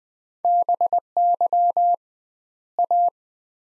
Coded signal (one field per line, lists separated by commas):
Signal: Morse code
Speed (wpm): 21 wpm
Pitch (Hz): 700 Hz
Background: none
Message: BY A